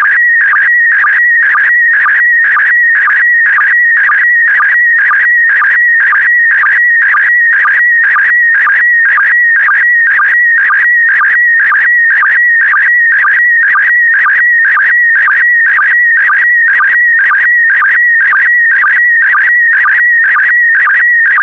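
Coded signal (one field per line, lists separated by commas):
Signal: SSTV (slow-scan television)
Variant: PD120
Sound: warbling whistle around 2 kHz with steady rhythmic chirps about twice a second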